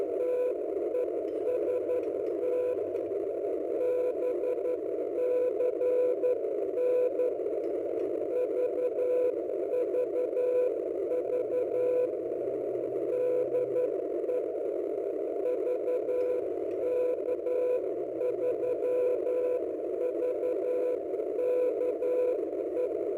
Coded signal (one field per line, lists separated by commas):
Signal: Morse code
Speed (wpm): 12 wpm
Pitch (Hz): 500 Hz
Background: none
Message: TEST BCN VVV DE VK3VKE